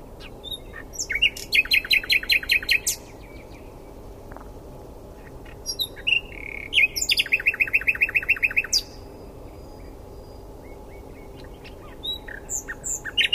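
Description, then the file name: Common nightingale song: two bursts of rapid, evenly repeated sharp notes, each lasting about two seconds, separated by scattered clicks and short chirps. "Luscinia megarhynchos"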